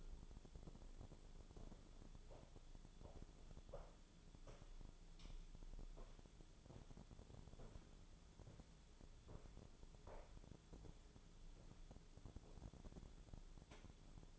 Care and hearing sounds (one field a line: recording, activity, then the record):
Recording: daily activity, microphone in the room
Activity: walk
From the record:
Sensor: 5